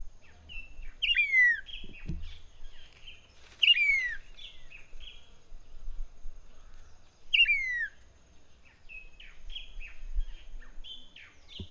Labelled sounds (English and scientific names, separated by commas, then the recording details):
Red-winged Starling (Onychognathus morio)
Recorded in northern Uganda